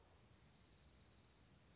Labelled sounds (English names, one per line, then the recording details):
Dark-eyed Junco
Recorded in Sonoma County, California